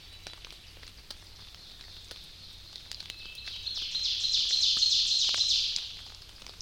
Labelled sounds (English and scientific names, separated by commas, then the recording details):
Ovenbird (Seiurus aurocapilla) song
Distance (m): 35 m
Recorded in boreal forest in Alberta, Canada, on 29 May 2016 at 05:14
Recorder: SongMeter 3, array SBT-3-49
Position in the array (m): 81 m, 250 m
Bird 14